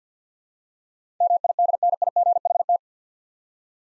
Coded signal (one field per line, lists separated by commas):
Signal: Morse code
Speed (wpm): 50 wpm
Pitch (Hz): 700 Hz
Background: none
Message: MIDNIGHT